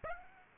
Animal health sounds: mosquito wingbeat signal from an infrared sensor; Aedes aegypti

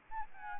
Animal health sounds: mosquito wingbeat signal from an infrared sensor; Aedes albopictus

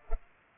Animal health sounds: mosquito wingbeat signal from an infrared sensor; Culex pipiens

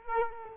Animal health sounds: mosquito wingbeat signal from an infrared sensor; Culex quinquefasciatus

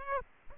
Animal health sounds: mosquito wingbeat signal from an infrared sensor; Aedes aegypti

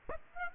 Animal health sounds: mosquito wingbeat signal from an infrared sensor; Aedes aegypti

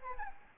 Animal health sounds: mosquito wingbeat signal from an infrared sensor; Anopheles gambiae

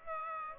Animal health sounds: mosquito wingbeat signal from an infrared sensor; Aedes aegypti

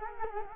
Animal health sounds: mosquito wingbeat signal from an infrared sensor; Culex quinquefasciatus

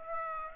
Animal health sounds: mosquito wingbeat signal from an infrared sensor; Aedes aegypti

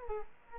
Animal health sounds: mosquito wingbeat signal from an infrared sensor; Culex quinquefasciatus

